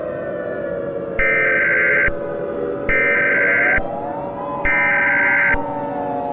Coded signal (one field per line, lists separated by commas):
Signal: Emergency Alert System (SAME) tones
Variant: header bursts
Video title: EAS Mock Nuclear Attack (Cildeo Video Edit)